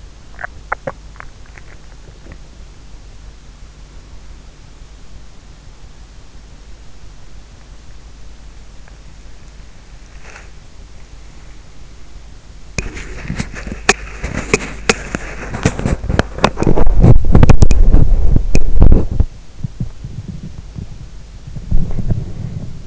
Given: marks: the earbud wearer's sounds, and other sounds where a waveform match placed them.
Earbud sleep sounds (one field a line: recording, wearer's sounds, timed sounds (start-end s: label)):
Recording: sounds in sleep by an in-ear microphone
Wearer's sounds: swallowing, body movement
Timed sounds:
0.00-1.73 s: swallowing
8.10-22.87 s: body movement